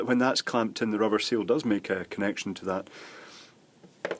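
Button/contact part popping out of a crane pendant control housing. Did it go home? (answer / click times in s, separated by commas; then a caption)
released / 4.1 s. Someone talks while handling the inside of a Chinese crane pendant control station, then a plastic button or contact part pops out of the housing by accident with a sharp double snap at 4.0 and 4.1 seconds. The part is released from its place.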